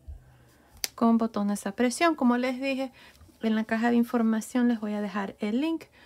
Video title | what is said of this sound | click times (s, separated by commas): Mameluco para bebe tejido con gancho paso a paso #crochetforbaby | miren y miren Así es como se cierra esta parte con botones a presión | 0.8 s